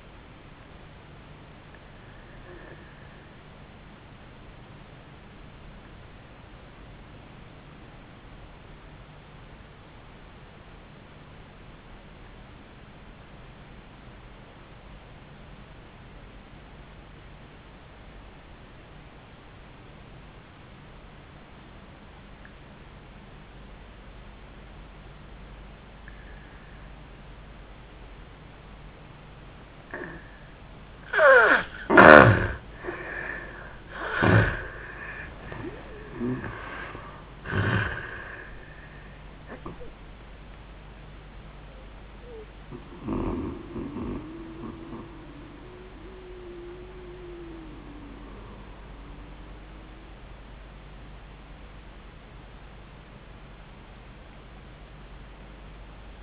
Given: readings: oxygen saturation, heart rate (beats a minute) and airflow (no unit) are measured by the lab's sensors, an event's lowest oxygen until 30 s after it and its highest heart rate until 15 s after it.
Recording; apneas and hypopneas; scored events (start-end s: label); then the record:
breathing in sleep by a voice recorder at the bedside; 1
5.00-32.50 s: obstructive apnea (N1, oxygen 97% highest, then 75% lowest, heart rate 70 at the start, 89 highest)
From the record:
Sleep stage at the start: N1 (lightest sleep); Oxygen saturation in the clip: 75 to 97%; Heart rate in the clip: 70 to 89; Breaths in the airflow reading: 5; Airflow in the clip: -32.8 to 14.9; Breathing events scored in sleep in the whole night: 400 in 8.7 hours asleep